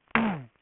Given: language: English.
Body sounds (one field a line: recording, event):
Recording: throat vibration sensor signal played as sound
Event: throat clearing